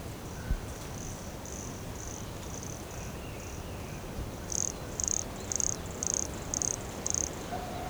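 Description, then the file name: Pumpkin toadlet calling with faint high notes that build into six louder short buzzy notes spaced about half a second apart, over low background noise. Recorded at Morro do Canal in January 2017, 150 cm from the microphone. "Brachycephalus sulfuratus Morro do Canal 150 cm from microphone LFRibeiro JAN-2017"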